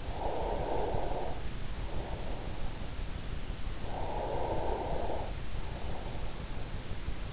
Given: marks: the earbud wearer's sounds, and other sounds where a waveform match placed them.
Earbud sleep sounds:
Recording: sounds in sleep by an in-ear microphone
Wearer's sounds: breath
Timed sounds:
0.00-2.74 s: breath
3.77-6.40 s: breath

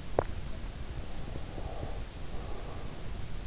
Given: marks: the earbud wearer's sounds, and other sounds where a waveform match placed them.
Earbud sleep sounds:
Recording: sounds in sleep by an in-ear microphone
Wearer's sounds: teeth grinding, breath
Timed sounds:
0.08-0.48 s: teeth grinding
1.08-3.17 s: breath

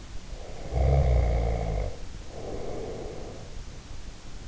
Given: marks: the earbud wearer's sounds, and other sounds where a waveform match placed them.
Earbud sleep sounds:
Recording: sounds in sleep by an in-ear microphone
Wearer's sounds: snoring breath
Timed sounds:
0.31-3.72 s: snoring breath

